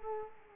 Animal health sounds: mosquito wingbeat signal from an infrared sensor; Culex quinquefasciatus

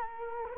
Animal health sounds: mosquito wingbeat signal from an infrared sensor; Culex quinquefasciatus

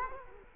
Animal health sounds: mosquito wingbeat signal from an infrared sensor; Culex quinquefasciatus

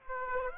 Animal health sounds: mosquito wingbeat signal from an infrared sensor; Aedes aegypti

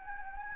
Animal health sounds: mosquito wingbeat signal from an infrared sensor; Anopheles gambiae

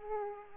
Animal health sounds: mosquito wingbeat signal from an infrared sensor; Aedes aegypti

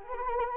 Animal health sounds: mosquito wingbeat signal from an infrared sensor; Anopheles arabiensis

